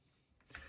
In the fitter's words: so now it doesn't move anywhere that's locking